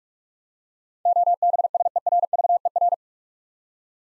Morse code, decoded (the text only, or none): OBSERVER